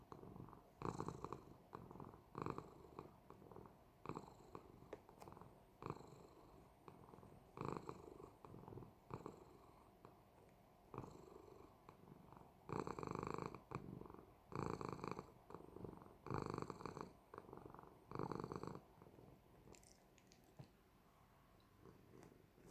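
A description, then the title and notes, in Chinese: A cat purrs in a steady rhythm, each breath a rough, buzzing pulse arriving roughly every second and a half. The purring grows fuller and louder between about 13 and 19 seconds, then fades, leaving quiet and a few faint clicks. 用最自然的方式紀錄家貓的日常！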